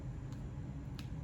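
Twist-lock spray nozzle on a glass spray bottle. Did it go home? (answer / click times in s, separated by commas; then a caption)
released / 1.0 s. Someone twists the locking top of a twist-lock spray nozzle on a glass magnesium spray bottle to unlock it, over a steady low hum. A faint tick at 0.3 s comes before a sharp click at 1.0 s, and the nozzle twists open, unlocking the sprayer.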